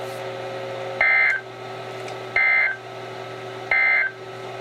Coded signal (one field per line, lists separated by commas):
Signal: Emergency Alert System (SAME) tones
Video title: EAS #179-#187: Alerts From Wakefield! | KHB36 & WXM57